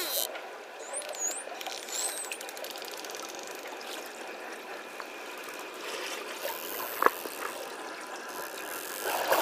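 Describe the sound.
Dolphin whistles: a few short, high, sweeping whistles early on over steady hiss, with faint clicking and a sharp knock later.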